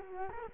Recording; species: mosquito wingbeat signal from an infrared sensor; Culex quinquefasciatus